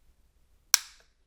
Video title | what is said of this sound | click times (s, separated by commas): Aukey Basix Pro Series Great Power Bank / Wireless Charging w/Kickstand | until it clicks into position and that right there | 0.7 s